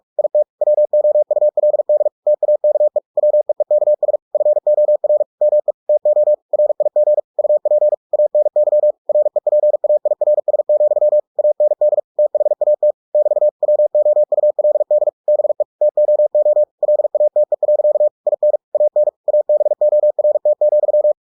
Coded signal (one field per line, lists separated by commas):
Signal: Morse code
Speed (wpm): 46 wpm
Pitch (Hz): 600 Hz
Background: none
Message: IT WOULD TAKE WEEKS FOR ME TO RIG UP ANY REPAIRS, AND THAT <BT> WOULD BE TOO LATE. IN AN ABORT,